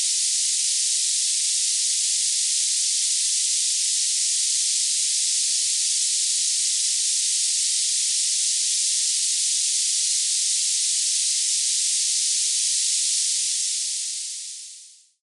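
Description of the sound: Steady high-pitched hiss, like rushing steam, that fades out at the end: a synthetic panning masking noise for tinnitus, built around 2.5 kHz, 6.5 kHz and 8 kHz.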